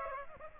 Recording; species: mosquito wingbeat signal from an infrared sensor; Aedes aegypti